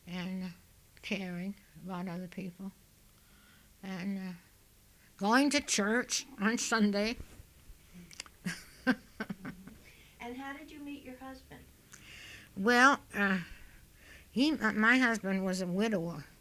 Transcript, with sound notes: And caring about other people. And going to church on Sunday. (she laughs)
And how did you meet your husband?
Well, he, my husband was a widower.